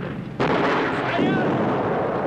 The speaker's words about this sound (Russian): Рядом взрывается снаряд.